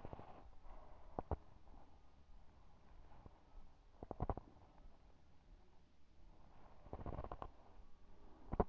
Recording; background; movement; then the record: deep breathing; quiet; sitting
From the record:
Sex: female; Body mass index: 22.6 kg/m2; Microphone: on the chest, facing the body